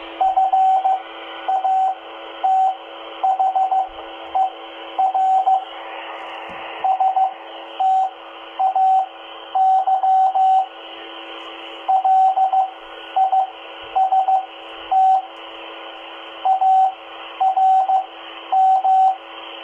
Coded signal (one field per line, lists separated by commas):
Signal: Morse code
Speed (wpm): 15 wpm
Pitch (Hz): 760 Hz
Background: radio noise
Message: FATHER STAY LIST ARM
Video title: Listening to 2 meter band repeater W2YRC @ 146.825 MHz Baofeng UV-5R and Explorer QRZ-1 audio tests